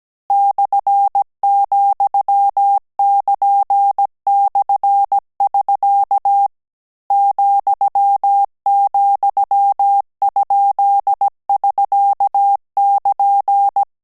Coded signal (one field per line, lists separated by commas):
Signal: Morse code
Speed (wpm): 17 wpm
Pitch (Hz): 800 Hz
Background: none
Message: /,<KN>/<SK> ,,?<SK><KN>